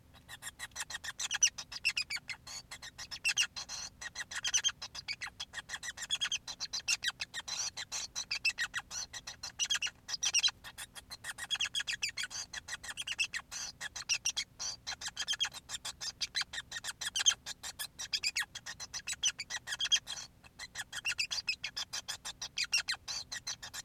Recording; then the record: song of a male Bengalese finch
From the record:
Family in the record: son of father 5